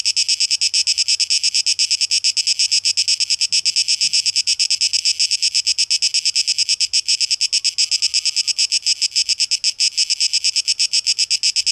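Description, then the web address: Cicada song: a dense, high, rattling buzz pulsing quickly and evenly throughout, with nothing else standing out. Recorded 12 August 2023. "rauschpartikel 2023-08-12 Zikaden"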